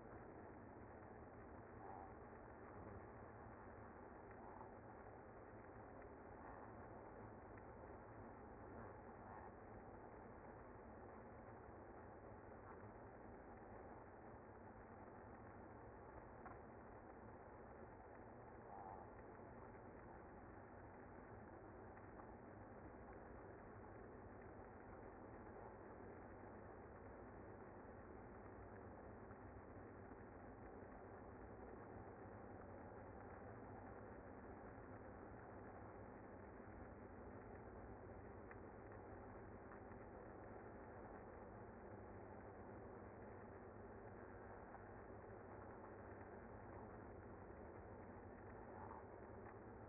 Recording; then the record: honeybee colony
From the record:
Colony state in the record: active